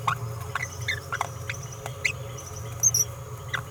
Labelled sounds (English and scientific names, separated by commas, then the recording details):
Green-rumped Parrotlet (Forpus passerinus) babbling
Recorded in a nest box in Venezuela
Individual 18B17A4